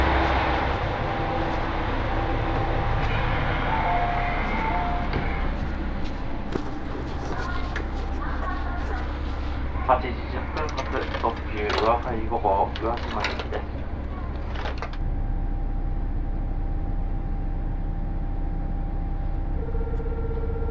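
A ride aboard the Uwakai 5 limited express on the Yosan Line, with a steady low rumble of the train running throughout. Voices talk over the rumble in the first fifteen seconds, busiest around ten to thirteen seconds, then the talk stops, leaving mainly the running noise and a faint steady tone.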